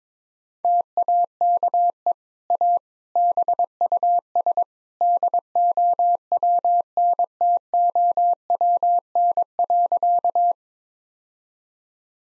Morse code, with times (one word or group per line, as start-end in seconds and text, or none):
0.6-2.1 TAKE
2.5-2.8 A
3.2-4.6 BUS
5.0-10.5 DOWNTOWN.